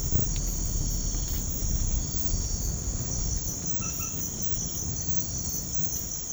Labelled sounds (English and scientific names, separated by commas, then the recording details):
none
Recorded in pastures near Puerto Asís, Putumayo, Colombia, on 19 March 2025 at 01:30
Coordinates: 0.505, -76.324
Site GP08